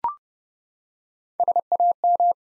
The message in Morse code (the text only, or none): SAM